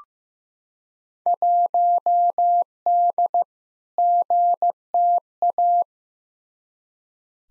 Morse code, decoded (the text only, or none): 1D GTA